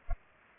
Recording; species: mosquito wingbeat signal from an infrared sensor; Culex pipiens